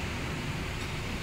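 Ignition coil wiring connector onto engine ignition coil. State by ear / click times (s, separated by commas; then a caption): not seated / none. A plastic ignition coil wiring connector is handled at the ignition coil of a Honda Mobilio engine, where it is meant to be pushed on until it clicks so it is properly locked with no current leakage. Only steady broadband noise is heard throughout. Nothing has seated or clicked yet.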